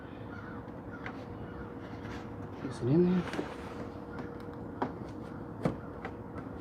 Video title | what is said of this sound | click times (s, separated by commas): Repaired the coolant leak in our 2003 Yukon Denali XL! | It's not clicking. | none